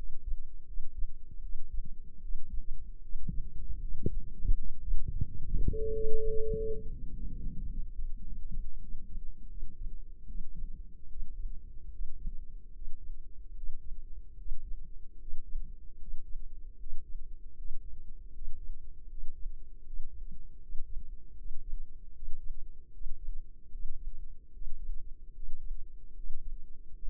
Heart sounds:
heart sounds by microphone in the left ear; 80 bpm
0.64 s: heartbeat
1.39 s: heartbeat
2.19 s: heartbeat
2.99 s: heartbeat
3.78 s: heartbeat
4.53 s: heartbeat
5.22 s: heartbeat
5.89 s: heartbeat
6.52 s: heartbeat
7.10 s: heartbeat
7.66 s: heartbeat
8.21 s: heartbeat
8.78 s: heartbeat
9.48 s: heartbeat
10.25 s: heartbeat
11.07 s: heartbeat
11.88 s: heartbeat
12.71 s: heartbeat
13.52 s: heartbeat
14.35 s: heartbeat
15.16 s: heartbeat
15.96 s: heartbeat
16.76 s: heartbeat
17.54 s: heartbeat
18.30 s: heartbeat
19.06 s: heartbeat
19.82 s: heartbeat
20.58 s: heartbeat
21.34 s: heartbeat
22.11 s: heartbeat
22.89 s: heartbeat
23.68 s: heartbeat
24.50 s: heartbeat
25.32 s: heartbeat
26.13 s: heartbeat
26.91 s: heartbeat
From the record:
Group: healthy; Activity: rest 0-5 s, Valsalva maneuver 5-27 s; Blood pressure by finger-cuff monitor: 126/76 mmHg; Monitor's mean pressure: 88 mmHg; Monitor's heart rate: 77 bpm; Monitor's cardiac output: 5.3 L/min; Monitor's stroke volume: 68 mL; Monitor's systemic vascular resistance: 1160 dyn s/cm5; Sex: male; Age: 20 years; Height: 167 cm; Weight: 61 kg

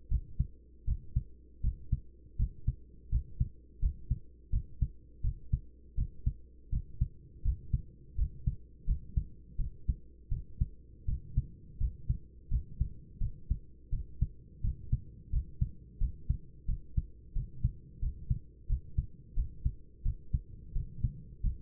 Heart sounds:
heart sounds by stethoscope; 84 bpm
0.09 s: heartbeat
0.86 s: heartbeat
1.62 s: heartbeat
2.37 s: heartbeat
3.10 s: heartbeat
3.80 s: heartbeat
4.51 s: heartbeat
5.22 s: heartbeat
5.96 s: heartbeat
6.71 s: heartbeat
7.43 s: heartbeat
8.16 s: heartbeat
8.86 s: heartbeat
9.57 s: heartbeat
10.30 s: heartbeat
11.07 s: heartbeat
11.79 s: heartbeat
12.50 s: heartbeat
13.19 s: heartbeat
13.91 s: heartbeat
14.62 s: heartbeat
15.31 s: heartbeat
15.99 s: heartbeat
16.67 s: heartbeat
17.34 s: heartbeat
18.00 s: heartbeat
18.68 s: heartbeat
19.35 s: heartbeat
20.03 s: heartbeat
20.74 s: heartbeat
21.42 s: heartbeat
From the record:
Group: healthy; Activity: rest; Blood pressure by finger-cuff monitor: 113/63 mmHg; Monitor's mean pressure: 79 mmHg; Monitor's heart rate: 84 bpm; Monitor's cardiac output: 8.9 L/min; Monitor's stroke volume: 107 mL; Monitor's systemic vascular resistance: 630 dyn s/cm5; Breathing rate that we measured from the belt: 17 breaths a minute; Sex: male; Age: 24 years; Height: 184 cm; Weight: 89 kg

